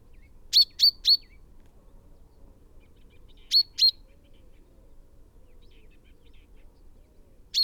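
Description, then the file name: Common chaffinch call notes, a quick triplet, then a pair about three seconds later, and one more note at the very end; otherwise quiet. "Fringilla coelebs"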